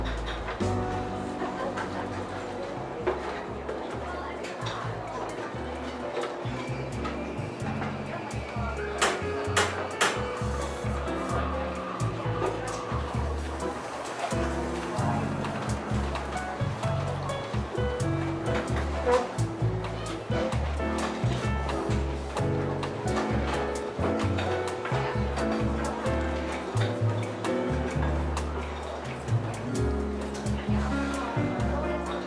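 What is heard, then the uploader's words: Seaside café ambience: a steady bed of chatter and a continuous wash like surf run the whole way through. Low, regular thumping and held tones sit underneath, with sharp clinks popping out, most clearly around nine to ten seconds. Seaside Cafe Ambience - Coffee Shop Sounds, Ocean Sounds.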